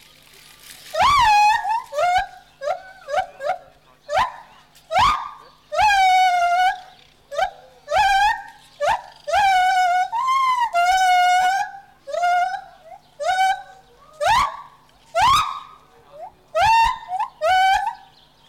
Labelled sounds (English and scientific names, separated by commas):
Lar Gibbon (Hylobates lar)